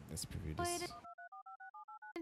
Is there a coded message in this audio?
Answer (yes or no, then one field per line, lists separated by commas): yes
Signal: DTMF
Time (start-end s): 0.9-2.1 s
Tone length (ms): 120 ms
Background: speech, music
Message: 123456789